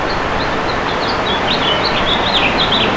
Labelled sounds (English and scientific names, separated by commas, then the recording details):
House Finch (Haemorhous mexicanus) song
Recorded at Merrick on Long Island, New York, on 17 May 2013
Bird D